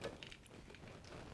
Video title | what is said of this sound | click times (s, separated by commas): Set up + balance DJI RS3 PRO Gimbal, Raven Eye + Focus Motor - Combo tutorial | there's our lock and if you want to take it off you just take that slide it and then hit the | 0.2 s